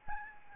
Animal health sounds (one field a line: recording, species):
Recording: mosquito wingbeat signal from an infrared sensor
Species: Aedes albopictus